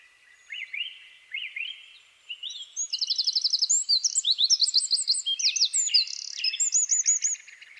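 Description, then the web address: Eurasian wren singing: a few scattered upslurred chirps, then a long, vigorous run of shrill notes with a tight rattling trill, carrying on to the end. "SETE Troglodytes troglodytes"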